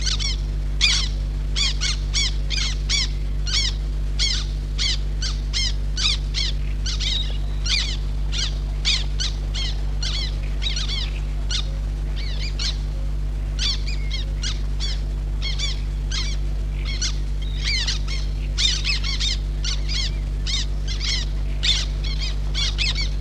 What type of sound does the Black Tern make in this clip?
call